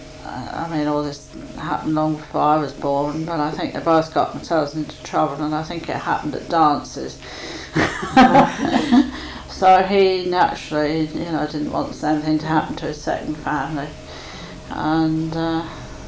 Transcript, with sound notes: I mean, all this happened long before I was born but I think they both got themselves into trouble and I think it happened at dances. [laughs] So he naturally, you know, didn't want the same thing to happen to his second family. And